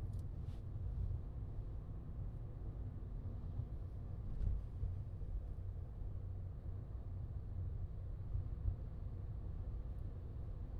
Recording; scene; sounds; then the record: everyday scene through a hearing-aid microphone; in a vehicle; engine, highway driving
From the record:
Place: Skoda Fabia, gasoline engine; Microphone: in the ear canal, left